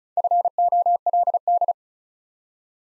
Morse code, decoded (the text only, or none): FOLD